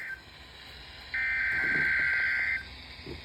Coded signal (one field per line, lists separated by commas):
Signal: Emergency Alert System (SAME) tones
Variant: header bursts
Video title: XYLONXD Direct 2.7.2026 | EAS #36-47